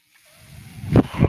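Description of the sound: A soft airy hiss swells over about a second, then two low thumping puffs follow in quick succession. This is a person's own mechanical ventilator pushing a breath, heard during a pause in speech.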